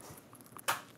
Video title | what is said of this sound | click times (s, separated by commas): Post-Operative Shoulder Sling: Abductor Pillow, External Rotator | the strap's going to go up and around your neck back it's going to snap in place | 0.6 s